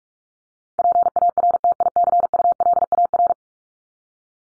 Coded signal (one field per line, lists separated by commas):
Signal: Morse code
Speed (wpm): 44 wpm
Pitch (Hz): 700 Hz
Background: none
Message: PARTICULAR